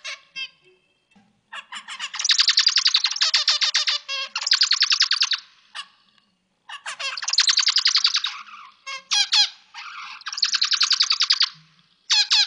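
Zebra finch singing in repeated bouts of quick, nasal buzzing notes, each bout introduced by soft chirps, with brief gaps and a few sharp upswept calls.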